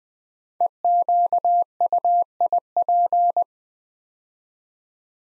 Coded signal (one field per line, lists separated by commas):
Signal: Morse code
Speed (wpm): 20 wpm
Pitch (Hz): 700 Hz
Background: none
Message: EQUIP